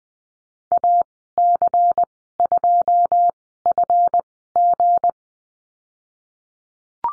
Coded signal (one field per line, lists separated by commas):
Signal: Morse code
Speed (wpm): 20 wpm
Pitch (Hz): 700 Hz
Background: none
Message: AC2FG